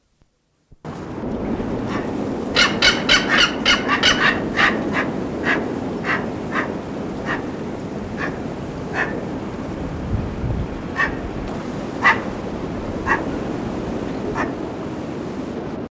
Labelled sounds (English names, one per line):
Mountain Caracara call